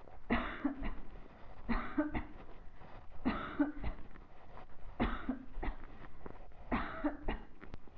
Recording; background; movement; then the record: voluntary coughing; quiet; walking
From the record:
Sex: female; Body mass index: 22.6 kg/m2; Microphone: on the chest, facing the body